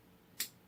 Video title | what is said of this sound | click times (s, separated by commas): Stevens 320 pump shotgun field strip and bolt carrier breakdown | not all the way in but just like last time hey | 0.4 s